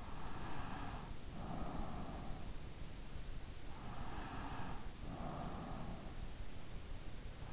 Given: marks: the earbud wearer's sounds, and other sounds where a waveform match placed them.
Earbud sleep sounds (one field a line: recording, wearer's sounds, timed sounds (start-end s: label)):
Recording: sounds in sleep by an in-ear microphone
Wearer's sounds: breath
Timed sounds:
0.00-2.73 s: breath
3.83-6.30 s: breath